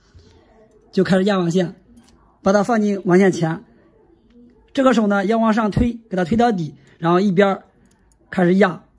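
A network cable is handled at an RJ45 network plug, with the plug set in a crimping tool, while someone talks throughout. Only a faint tick is heard at about 4.3 s between phrases. Nothing has been crimped, seated or clicked yet.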